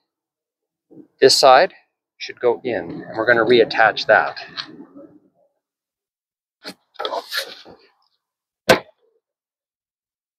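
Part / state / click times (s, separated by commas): heater wire connector onto mirror glass backing terminal / seated / 8.7 s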